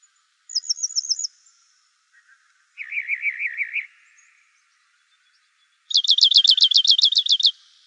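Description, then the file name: Rock wren song in three distinct phrases: a thin high trill, a lower rolling trill, then a loud, rapid, harsh high trill, with clear gaps between. "ROWR 2 deviche"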